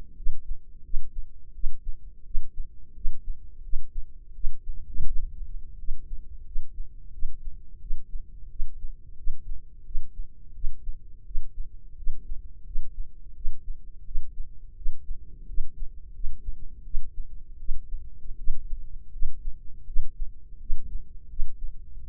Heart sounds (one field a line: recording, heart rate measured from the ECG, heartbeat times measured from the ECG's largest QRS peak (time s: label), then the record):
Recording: heart sounds by microphone in the left ear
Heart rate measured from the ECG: 85 bpm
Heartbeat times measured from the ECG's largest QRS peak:
0.15 s: heartbeat
0.82 s: heartbeat
1.53 s: heartbeat
2.24 s: heartbeat
2.94 s: heartbeat
3.62 s: heartbeat
4.33 s: heartbeat
5.05 s: heartbeat
5.77 s: heartbeat
6.44 s: heartbeat
7.11 s: heartbeat
7.79 s: heartbeat
8.49 s: heartbeat
9.16 s: heartbeat
9.84 s: heartbeat
10.53 s: heartbeat
11.24 s: heartbeat
11.96 s: heartbeat
12.64 s: heartbeat
13.34 s: heartbeat
14.04 s: heartbeat
14.75 s: heartbeat
15.46 s: heartbeat
16.12 s: heartbeat
16.83 s: heartbeat
17.58 s: heartbeat
18.36 s: heartbeat
19.11 s: heartbeat
19.85 s: heartbeat
20.58 s: heartbeat
21.28 s: heartbeat
21.97 s: heartbeat
From the record:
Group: healthy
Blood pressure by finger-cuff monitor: 101/59 mmHg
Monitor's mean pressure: 72 mmHg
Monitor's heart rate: 86 bpm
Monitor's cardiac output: 7.4 L/min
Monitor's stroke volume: 87 mL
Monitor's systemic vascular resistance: 700 dyn s/cm5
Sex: female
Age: 22 years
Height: 157 cm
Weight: 47.6 kg